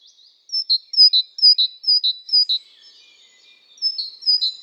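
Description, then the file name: Great tit song of ringing two-note phrases, each high note dropping to a lower one, repeated five times, then two more after a short gap. "Parus major"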